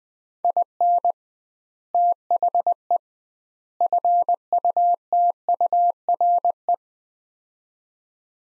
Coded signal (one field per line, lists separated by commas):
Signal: Morse code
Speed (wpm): 20 wpm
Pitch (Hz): 700 Hz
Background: none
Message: IN THE FUTURE